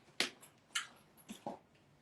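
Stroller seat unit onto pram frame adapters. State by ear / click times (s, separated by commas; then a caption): seated / 0.2 s, 0.8 s. A Bugaboo pram seat unit is lifted and pushed down onto the stroller frame's adapters, giving sharp clicks at 0.2 s and 0.8 s as it locks into place, followed by two softer, lower knocks around 1.3 s and 1.5 s. The seat ends up locked onto the frame.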